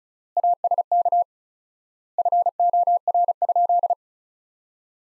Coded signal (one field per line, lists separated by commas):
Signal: Morse code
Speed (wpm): 34 wpm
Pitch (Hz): 700 Hz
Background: none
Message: ASK FOR?